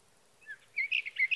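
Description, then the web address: Sage thrasher singing a quick run of varied high warbled notes, jumbled and chattery, denser toward the end. "birdsongforthecurious Sage Thrasher"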